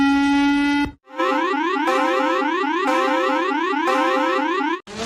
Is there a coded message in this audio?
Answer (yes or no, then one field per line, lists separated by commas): no